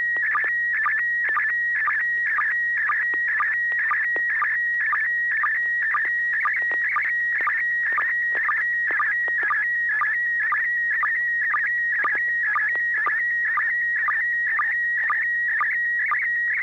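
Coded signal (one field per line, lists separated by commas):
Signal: SSTV (slow-scan television)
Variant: PD120 mode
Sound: steady high warbling tone interrupted by rhythmic low blips about twice a second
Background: radio static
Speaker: pd-120 so so so so so so so [Applause] scale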